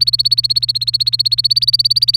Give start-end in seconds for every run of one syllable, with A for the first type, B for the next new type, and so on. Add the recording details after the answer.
0.00-2.16 A. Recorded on 1 May 2018 at 17:09. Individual llb3